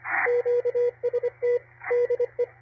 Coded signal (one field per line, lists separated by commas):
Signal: Morse code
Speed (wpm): 25 wpm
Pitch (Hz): 480 Hz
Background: radio noise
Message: QST DE